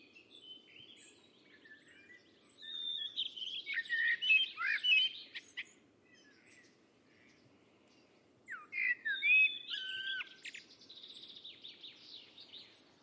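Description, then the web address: Bird song in two bursts of rapid twittering and thin whistles separated by a quiet pause, with faint steady background noise. "Bird Only Tu Me Tu Me 2"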